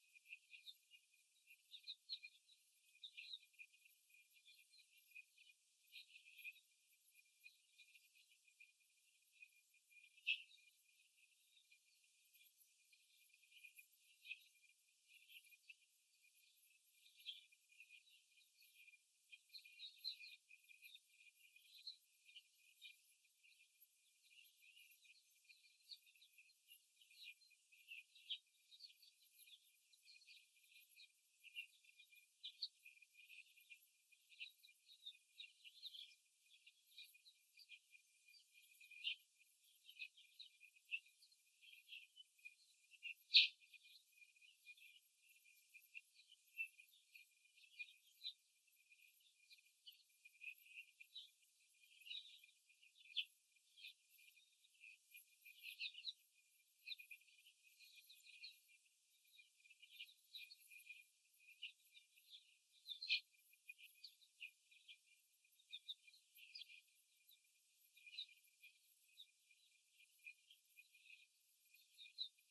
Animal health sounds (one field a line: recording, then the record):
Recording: young laying hens in a cage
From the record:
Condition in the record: after the stressor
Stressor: simulated dog barking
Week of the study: 3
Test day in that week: 2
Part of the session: 4